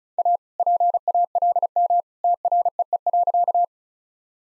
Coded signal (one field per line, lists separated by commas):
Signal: Morse code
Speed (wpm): 34 wpm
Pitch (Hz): 700 Hz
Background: none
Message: A PALM TREE.